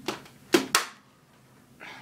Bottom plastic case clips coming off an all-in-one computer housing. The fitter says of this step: like that and it does no damage to the outer case it's just a little click or pop that means that the case came off